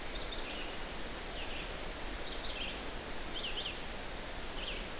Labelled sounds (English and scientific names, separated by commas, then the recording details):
Red-eyed Vireo (Vireo olivaceus) song
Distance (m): 80 m
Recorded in boreal forest in Alberta, Canada, on 12 June 2016 at 05:45
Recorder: SongMeter 3, array SBT-3-18
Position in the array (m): 232 m, 100 m